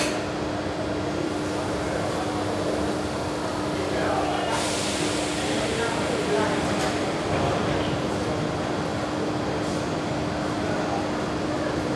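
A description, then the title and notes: Ambience on a train platform: a steady hum of machinery holds one low, constant tone throughout, with a dense murmur of voices beneath. Around four to six seconds a brighter hiss swells, and faint clicks and knocks come and go. Train Platform in Rome - People Ambience.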